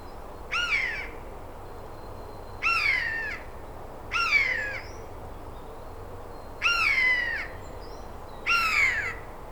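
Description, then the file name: Eurasian jay giving five harsh, nasal calls with a stacked tone, each sliding downward, over faint background hiss. "Garrulus glandarius"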